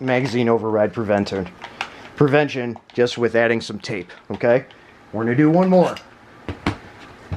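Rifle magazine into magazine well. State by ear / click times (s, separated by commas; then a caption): seated / 6.7 s. Someone talks, then a rifle magazine fitted with a 100mph tape override stop is pushed into the rifle's magazine well. The catch engages with a sharp click at 6.7 s, just after a softer knock at 6.5 s. The magazine locks in place and cannot be pushed past the stop.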